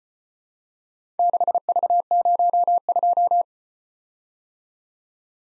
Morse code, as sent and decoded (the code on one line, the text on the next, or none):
-.... ...- ----- ..---
6V02